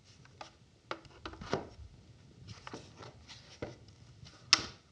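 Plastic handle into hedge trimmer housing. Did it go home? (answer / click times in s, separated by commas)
yes / 4.5 s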